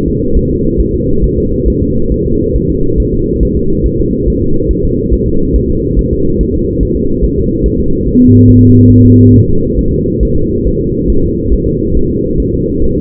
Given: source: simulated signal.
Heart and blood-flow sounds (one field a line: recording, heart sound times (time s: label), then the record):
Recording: fetal heart sounds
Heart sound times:
0.08 s: S2
0.37 s: S1
0.51 s: S2
0.80 s: S1
0.94 s: S2
1.24 s: S1
1.38 s: S2
1.68 s: S1
1.82 s: S2
2.12 s: S1
2.27 s: S2
2.56 s: S1
2.70 s: S2
3.00 s: S1
3.14 s: S2
3.43 s: S1
3.57 s: S2
3.86 s: S1
4.00 s: S2
4.28 s: S1
4.42 s: S2
4.71 s: S1
4.85 s: S2
5.14 s: S1
5.28 s: S2
5.56 s: S1
5.70 s: S2
5.99 s: S1
6.13 s: S2
6.41 s: S1
6.55 s: S2
6.83 s: S1
6.97 s: S2
7.25 s: S1
7.39 s: S2
7.66 s: S1
7.80 s: S2
8.08 s: S1
8.22 s: S2
8.50 s: S1
8.64 s: S2
8.92 s: S1
9.06 s: S2
9.35 s: S1
9.50 s: S2
9.79 s: S1
9.93 s: S2
10.23 s: S1
10.37 s: S2
10.67 s: S1
10.81 s: S2
11.10 s: S1
11.24 s: S2
11.54 s: S1
11.68 s: S2
11.97 s: S1
12.11 s: S2
12.40 s: S1
12.54 s: S2
12.84 s: S1
12.98 s: S2
From the record:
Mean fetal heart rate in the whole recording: 140 bpm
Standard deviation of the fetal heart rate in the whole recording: 2 bpm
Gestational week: 34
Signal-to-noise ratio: -16.4 dB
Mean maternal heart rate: 72 bpm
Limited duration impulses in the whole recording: present